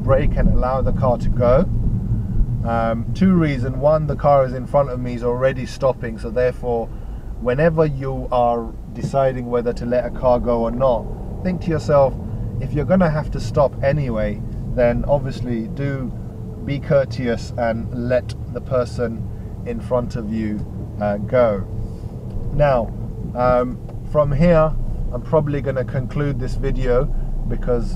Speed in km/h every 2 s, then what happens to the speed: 11, 6, 5, 3, 8, 11, 11, 10, 10, 10, 11, 13, 13, 15.
0-7 slows to 3. 7-9 speeds up to 11. 9-18 steady at about 10.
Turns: none.